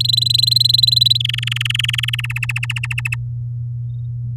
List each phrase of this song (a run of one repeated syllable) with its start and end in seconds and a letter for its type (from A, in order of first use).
0.00-1.18 A, 1.20-2.21 B, 2.24-3.15 C